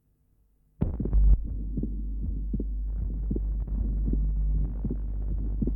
An adult with an atrial septal defect. The normal first sound, the grade 1/6 ejection systolic murmur, and the wide fixed splitting of the second sound. Taken from the pulmonary area.